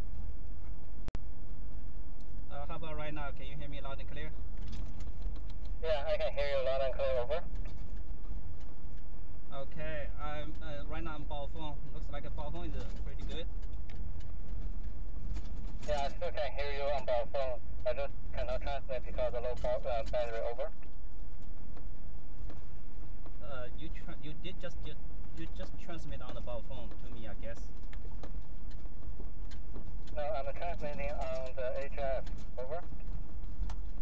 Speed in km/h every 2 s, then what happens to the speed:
23, 23, 21, 24, 24, 24, 24, 24, 24, 21, 15, 13, 15, 16, 16, 18, 19.
0-16 steady at about 24. 16-21 slows to 13.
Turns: none.